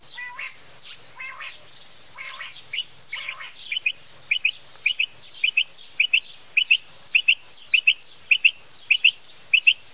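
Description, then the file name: Common quail calling: sharp, high clipped notes in quick pairs, repeated about every half second, after a few rougher chirping sounds at the start. "QUAGLIAVITALI"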